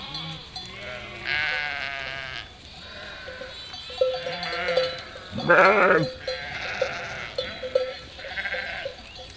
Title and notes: 847 Rue de Vars, 73310 Chindrieux, France - Troupeau de moutons. En ce jour de printemps, au beau milieu d'un troupeau de 467 moutons et agneaux. Bêlements en chorale très spacialisée et en mouvement